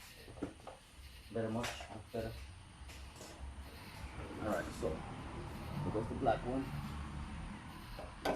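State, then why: Seated. A black quick-disconnect fuel line is pushed onto the in-tank fuel pump fitting of a 1999 Ducati 996 motorcycle while someone talks. The line clicks into place at 8.3 seconds with a sharp, loud snap, and it is seated.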